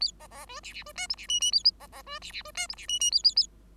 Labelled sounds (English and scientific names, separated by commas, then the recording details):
Bengalese Finch (Lonchura striata domestica) song
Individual Bird5